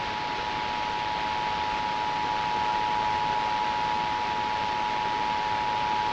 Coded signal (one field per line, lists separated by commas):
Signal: Emergency Alert System (SAME) tones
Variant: 853 and 960 Hz attention tone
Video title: EAS TEST on 88.3 Broken Bow, Oklahoma 10/5/2020